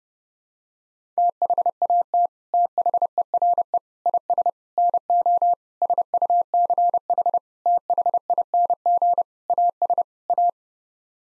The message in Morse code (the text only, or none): THAT THERE IS NO SUCH THING AS A